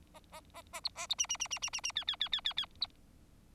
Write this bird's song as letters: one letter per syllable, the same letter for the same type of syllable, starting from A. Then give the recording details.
A A A A B A B C C C C C C C D D D D D D B. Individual Bird4